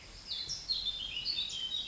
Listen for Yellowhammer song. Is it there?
no